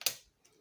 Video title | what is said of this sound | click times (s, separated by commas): Computer training class | You hear the click on both sides, and your RAM is back in place. | 0.0 s, 0.1 s